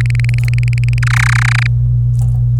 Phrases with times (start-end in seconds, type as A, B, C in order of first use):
0.01-0.98 A, 1.03-1.67 B